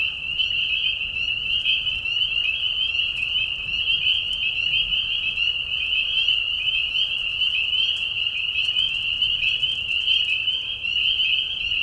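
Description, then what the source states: Spring peepers in a dense chorus, high piercing whistles overlapping into a continuous shrill band. Mating call of peepers, high whistles, in a marsh at night during a short spring season; Tiny Marsh Conservation Area, Tiny, Ontario.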